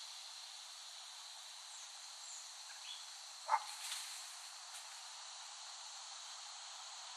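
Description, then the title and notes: Cicada chorus as an even, continuous buzzing hiss, with a brief sharp knock and a few fainter sounds midway. Cicadas recorded by Dan Bodah in West Brighton, Staten Island, in late summer 2008. "Dronecast No. 021: The Cicadas of Summer. Recording of cicadas made by Dan Bodah in West Brighton, Staten Island, late summer 2008"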